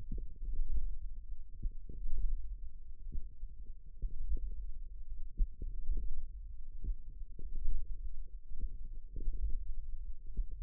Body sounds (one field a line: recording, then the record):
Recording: forearm muscle sounds (acoustic myography)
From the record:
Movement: hook grip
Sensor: system 1, eight BSWA MPA416 microphones around the upper forearm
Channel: 6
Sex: female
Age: 20 years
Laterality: right